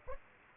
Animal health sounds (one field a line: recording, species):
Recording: mosquito wingbeat signal from an infrared sensor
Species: Aedes aegypti